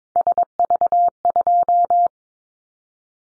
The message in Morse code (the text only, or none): SV2